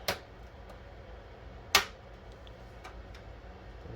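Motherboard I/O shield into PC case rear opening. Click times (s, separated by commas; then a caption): 1.8 s. The thin stamped metal I/O back plate of an ASRock Creator motherboard, bent up slightly beforehand, is pressed into the PC case's rear opening. A sharp tap at 0.1 s is followed by a louder snap at 1.8 s as the shield seats, then a few faint ticks over low background noise.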